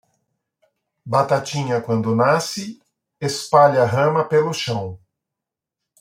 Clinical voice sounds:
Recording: short text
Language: Brazilian Portuguese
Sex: male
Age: 50 to 59 years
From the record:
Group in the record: control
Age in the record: 53 years

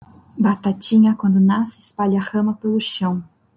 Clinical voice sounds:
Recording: short text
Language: Brazilian Portuguese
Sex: female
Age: 20 to 29 years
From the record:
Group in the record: control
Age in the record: 21 years

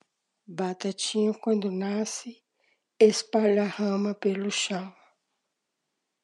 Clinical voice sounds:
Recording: short text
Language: Brazilian Portuguese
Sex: female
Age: 50 to 59 years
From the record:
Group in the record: control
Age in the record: 57 years

